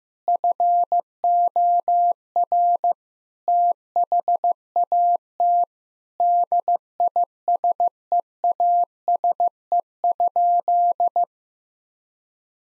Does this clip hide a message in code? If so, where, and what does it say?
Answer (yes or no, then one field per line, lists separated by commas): yes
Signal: Morse code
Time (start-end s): 0.3-11.2 s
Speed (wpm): 15 wpm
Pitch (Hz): 700 Hz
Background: none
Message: FOR THAT DISEASE?